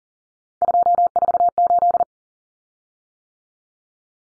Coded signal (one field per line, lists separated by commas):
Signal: Morse code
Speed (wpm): 40 wpm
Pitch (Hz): 700 Hz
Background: none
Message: 248